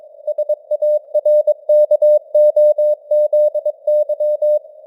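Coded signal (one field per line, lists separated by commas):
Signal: Morse code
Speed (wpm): 22 wpm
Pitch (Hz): 600 Hz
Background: none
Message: SARKOZY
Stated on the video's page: News headlines sent in Morse at 22 wpm with simulated radio noise and varying signal strength (QSB).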